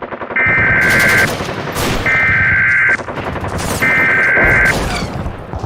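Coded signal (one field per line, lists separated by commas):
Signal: Emergency Alert System (SAME) tones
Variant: header bursts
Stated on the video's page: Fictional mock EAS scenario using valid EAS tones.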